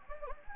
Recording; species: mosquito wingbeat signal from an infrared sensor; Anopheles gambiae